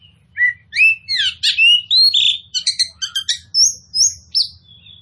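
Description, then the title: Oriental magpie-robin song, short burst of sweet slurred whistles followed by buzzy clipped notes and high thin whistles, faint hum below. Kacer poci form of the bird, described as gacor, meaning singing vigorously and constantly. "Kacer Poci Gacor"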